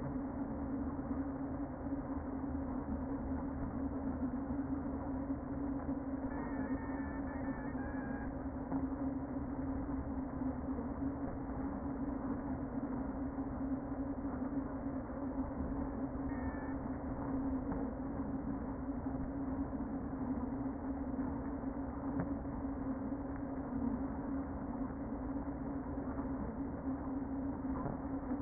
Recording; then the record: honeybee colony, microphone inside the hive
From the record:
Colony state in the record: queen present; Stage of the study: before two queens were removed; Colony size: about 60,000 bees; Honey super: yes